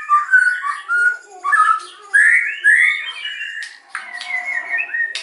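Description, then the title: White-rumped shama song: rich, fluty whistled phrases around mid pitch, slurred up and down, with a few sharp higher notes near the end. Lure recording (pancingan) of a strongly singing (gacor) bird, meant to provoke a quick response from other birds. "PANCINGAN MURAI BATU GACORSEKALI DENGAR AMPUH LANGSUNG RESPON"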